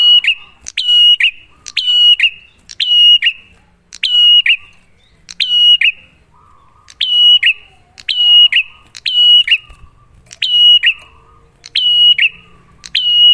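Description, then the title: Bar-winged prinia song, a long run of similar sharp, whistled, buzz-tailed phrases spaced about a second apart with one longer gap midway. Prenjak lure (pancingan) recording, a duet of Cililin versus Kapas Tembak birds, singing actively (gacor) with a clear voice, to make listeners' own prenjak sing better. "Masteran Duet Cililin Vs Kapas Tembak. Pancingan Prenjak Gacor Suara Jernih"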